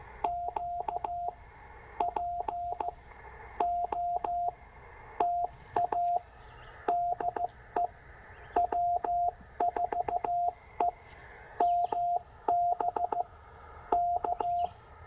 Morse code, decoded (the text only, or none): Q POTA DE W4EMB K